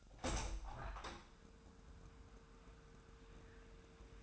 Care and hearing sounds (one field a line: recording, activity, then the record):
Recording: daily activity, microphone in the room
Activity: open window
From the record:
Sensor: 2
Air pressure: 999.8 hPa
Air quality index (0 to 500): 222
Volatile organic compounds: 52 ppm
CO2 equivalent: 3318 ppm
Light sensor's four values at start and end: 8/19/8/8 and 8/20/8/8